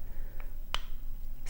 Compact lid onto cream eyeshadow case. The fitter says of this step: So, it is locked in place.